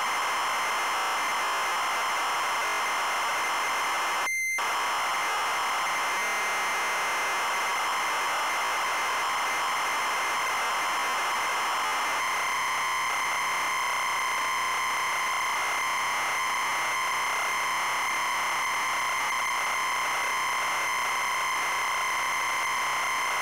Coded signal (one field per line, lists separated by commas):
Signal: ZX Spectrum tape loading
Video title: Wonder Boy - Zx Spectrum +2 (Full Cassette Tape Loading & Gameplay)